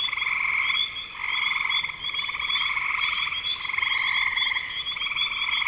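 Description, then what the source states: Frogs calling in overlapping pulsed trills, briefly quieter near one and two seconds, with faint high stepped chirps in the second half. Recorded in spring 2025.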